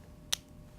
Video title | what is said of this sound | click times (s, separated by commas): Voice of the People / Dr. Jeffrey Berkley | is an attachment and you can actually hear it snap | 0.3 s